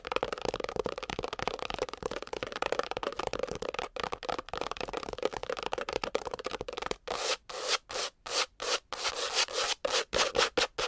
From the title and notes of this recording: ASMR Fast and Aggressive Scratching and Tapping with Long Nails - Asmr Pink Triggers - No Talking.